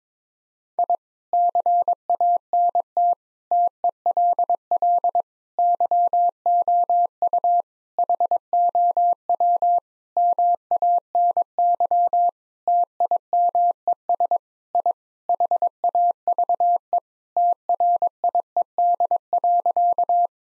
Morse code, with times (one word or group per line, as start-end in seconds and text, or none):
0.8-1.0 I
1.3-3.1 CANT
3.5-5.2 TELL
5.6-7.6 YOU
8.0-9.8 HOW
10.2-12.3 MANY
12.7-14.4 TIMES
14.7-14.9 I
15.3-17.0 HAVE
17.4-20.3 TRIED.